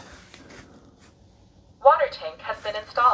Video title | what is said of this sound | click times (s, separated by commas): Eufy X8 Pro vs Dreame D10 Plus Robot Vacuum & Mop COMPARISON | from the back, and you just make sure it clicks into place. | 0.3 s